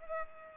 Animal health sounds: mosquito wingbeat signal from an infrared sensor; Culex pipiens

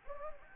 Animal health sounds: mosquito wingbeat signal from an infrared sensor; Anopheles gambiae

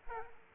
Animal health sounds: mosquito wingbeat signal from an infrared sensor; Aedes aegypti

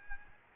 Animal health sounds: mosquito wingbeat signal from an infrared sensor; Aedes albopictus

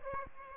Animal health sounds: mosquito wingbeat signal from an infrared sensor; Aedes aegypti

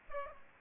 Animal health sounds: mosquito wingbeat signal from an infrared sensor; Aedes aegypti

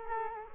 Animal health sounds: mosquito wingbeat signal from an infrared sensor; Culex quinquefasciatus

